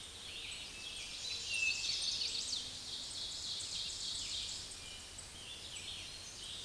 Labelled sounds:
Ovenbird song
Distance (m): 40 m
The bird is about level with the microphone
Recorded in a Pennsylvania forest on 16 May 2024 at 06:30
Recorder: AudioMoth, point MSD-2391
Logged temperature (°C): 15.0 °C
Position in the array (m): 135 m, 5 m

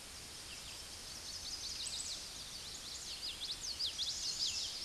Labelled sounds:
Common Yellowthroat song
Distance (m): 15 m
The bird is about 5 m above the microphone
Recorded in a Pennsylvania forest on 16 May 2024 at 09:37
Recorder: AudioMoth, point MSD-0438
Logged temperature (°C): 14.5 °C
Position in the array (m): 90 m, 93 m

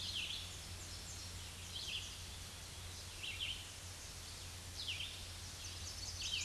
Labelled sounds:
Red-eyed Vireo song
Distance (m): 30 m
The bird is about 10 m above the microphone
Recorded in a Pennsylvania forest on 16 May 2024 at 07:57
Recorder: AudioMoth, point MSD-2376
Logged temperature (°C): 16.7 °C
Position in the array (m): 149 m, 29 m

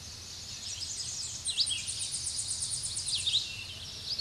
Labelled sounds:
Tennessee Warbler song
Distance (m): 35 m
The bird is about 10 m above the microphone
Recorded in a Pennsylvania forest on 16 May 2024 at 06:47
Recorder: AudioMoth, point MSD-2143
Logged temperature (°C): 16.0 °C
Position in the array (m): 25 m, 143 m

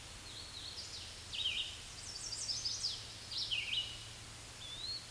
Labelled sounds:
Red-eyed Vireo song
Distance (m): 20 m
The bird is about 15 m above the microphone
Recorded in a Pennsylvania forest on 16 May 2024 at 08:18
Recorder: AudioMoth, point MSD-2201
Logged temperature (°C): 15.5 °C
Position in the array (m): 165 m, 69 m

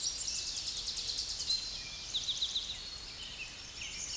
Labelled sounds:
Eastern Towhee song
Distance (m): 20 m
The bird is about 5 m above the microphone
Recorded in a Pennsylvania forest on 16 May 2024 at 07:44
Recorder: AudioMoth, point MSD-2143
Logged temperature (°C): 16.0 °C
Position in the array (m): 71 m, 168 m

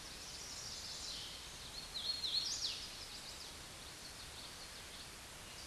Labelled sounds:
Hooded Warbler song
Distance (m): 40 m
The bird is about 20 m above the microphone
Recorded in a Pennsylvania forest on 16 May 2024 at 09:21
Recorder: AudioMoth, point MSD-2258
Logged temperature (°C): 15.2 °C
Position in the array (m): 151 m, 116 m

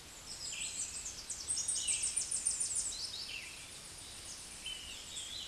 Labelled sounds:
Tennessee Warbler song
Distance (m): 20 m
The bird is about 5 m above the microphone
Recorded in a Pennsylvania forest on 16 May 2024 at 09:52
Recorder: AudioMoth, point MSD-2478
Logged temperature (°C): 15.6 °C
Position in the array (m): 74 m, 198 m

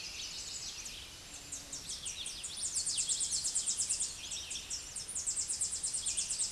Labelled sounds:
Tennessee Warbler song
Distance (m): 15 m
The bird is about 10 m above the microphone
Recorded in a Pennsylvania forest on 16 May 2024 at 08:16
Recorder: AudioMoth, point MSD-2039
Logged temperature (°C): 15.0 °C
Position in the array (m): 73 m, 92 m

